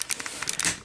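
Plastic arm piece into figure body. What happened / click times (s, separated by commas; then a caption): Plastic parts are handled but not yet seated / none. A plastic arm piece is handled against the body of a model figure as it is pushed with some force to tab its tabs in. Brief sharp plastic ticks and light rustling handling noise are heard across the short clip. Nothing has seated or clicked into the body yet.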